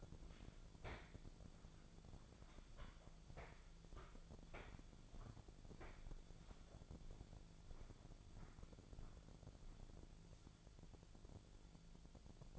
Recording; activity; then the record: daily activity, microphone in the room; walk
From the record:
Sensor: 5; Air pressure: 1008.5 hPa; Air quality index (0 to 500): 157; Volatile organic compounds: 3 ppm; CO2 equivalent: 1510 ppm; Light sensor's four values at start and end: 67/183/72/74 and 66/183/72/73